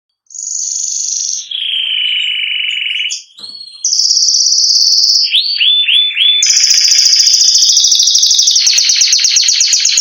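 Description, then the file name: Spanish giboso canary song with long steady whistles at different pitches, a run of downward slurs, then a loud extended rapid trill. "canto do canario giboso espanhol"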